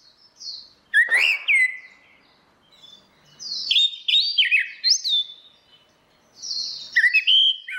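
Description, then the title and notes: Orange-headed thrush song: melodious whistled phrases with rising and falling slurs, separated by short quiet gaps. Continuous singing (ngeplong); a masteran recording used to train Chestnut-capped Thrushes (anis kembang) to learn the song. "Suara Burung Anis Merah Ngeplong. Masteran Anis Kembang"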